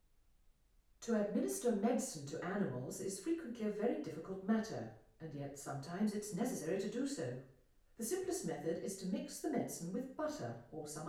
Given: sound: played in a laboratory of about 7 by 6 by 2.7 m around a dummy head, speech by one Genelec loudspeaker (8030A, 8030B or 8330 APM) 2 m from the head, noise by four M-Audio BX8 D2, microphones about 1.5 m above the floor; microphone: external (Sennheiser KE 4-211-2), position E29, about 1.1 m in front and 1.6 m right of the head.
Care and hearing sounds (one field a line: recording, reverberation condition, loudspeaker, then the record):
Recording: female speech in English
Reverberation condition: medium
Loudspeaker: 120 degrees to the left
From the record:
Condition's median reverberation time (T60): about 510 ms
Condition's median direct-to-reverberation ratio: about -0.5 dB